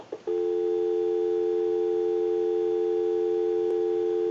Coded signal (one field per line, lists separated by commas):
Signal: telephone call progress tone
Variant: North America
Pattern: dial tone